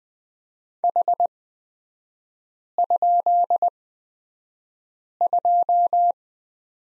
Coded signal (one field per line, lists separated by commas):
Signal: Morse code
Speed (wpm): 20 wpm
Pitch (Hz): 700 Hz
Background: none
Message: H?2